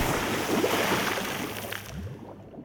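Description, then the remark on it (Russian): The dark water of a bay churns and sloshes in a steady, dense wash, with low gurgling surges midway as a safe holding a body, pushed in with a foot, sinks, before the sound thins and fades out. “Когда комендант перестал дергаться, капитан положил тело обратно в сейф, закрыл его и ногой отправил в темные воды залива.”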